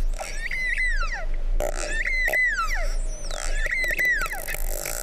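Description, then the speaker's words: Long-finned pilot whale whistles: an arching whistle that rises then falls, heard three times, with brief click bursts over low background noise. Pilot whale of the Mediterranean; recording played to listeners. "Avez-vous déjà entendu le son d'un globicéphale de Méditerranée"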